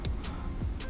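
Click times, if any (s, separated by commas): 0.1 s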